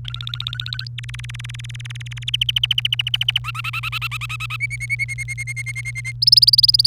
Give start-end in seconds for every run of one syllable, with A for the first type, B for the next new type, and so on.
0.04-0.88 A, 0.98-2.30 B, 2.34-3.38 C, 3.44-4.56 D, 4.60-6.12 E, 6.22-6.87 F